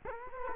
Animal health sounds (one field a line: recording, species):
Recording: mosquito wingbeat signal from an infrared sensor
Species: Culex quinquefasciatus